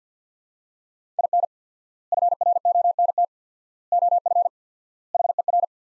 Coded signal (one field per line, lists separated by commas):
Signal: Morse code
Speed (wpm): 50 wpm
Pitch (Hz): 700 Hz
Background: none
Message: IN FRONT OF HER